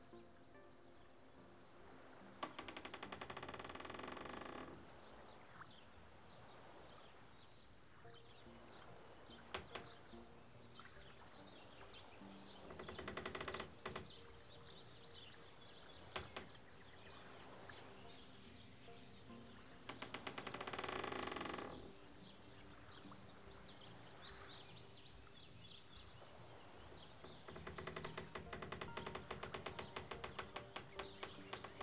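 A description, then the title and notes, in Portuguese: Lakeside outdoor ambience with a steady low hum, interrupted by several loud bursts of rushing noise around 3, 13, 20 and 28 seconds. Na beira de um lago canadense.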